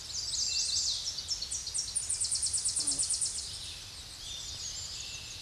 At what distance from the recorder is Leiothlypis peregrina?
about 15 m